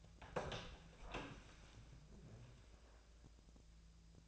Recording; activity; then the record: daily activity, microphone in the room; open door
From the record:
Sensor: 2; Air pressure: 1000.3 hPa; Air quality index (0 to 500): 174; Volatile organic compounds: 3 ppm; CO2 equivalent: 1446 ppm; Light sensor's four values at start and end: 9/23/9/10 and 10/23/10/10